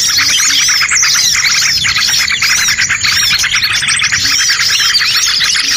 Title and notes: Suara Burung Bandel Yang Susah Mendekati. Kompilasi Suara Pikat Burung